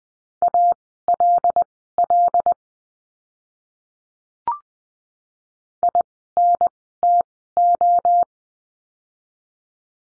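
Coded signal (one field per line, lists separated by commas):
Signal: Morse code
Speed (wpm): 20 wpm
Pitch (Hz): 700 Hz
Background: none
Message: ALL INTO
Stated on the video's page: Morse course lesson, letter B words, at Farnsworth speed of 20/10 wpm.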